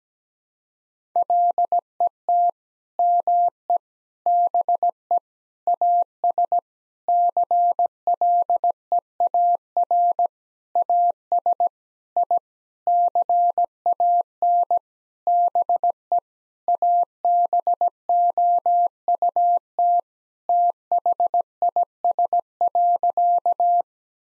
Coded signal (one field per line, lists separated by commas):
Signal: Morse code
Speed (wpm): 17 wpm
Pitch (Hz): 700 Hz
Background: none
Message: LET ME BE AS CLEAR AS I CAN BE ABOUT THIS.